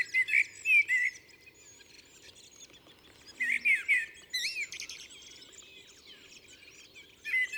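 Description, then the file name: Common blackbird giving fluted song phrases with twittering ends. "Turdus merula"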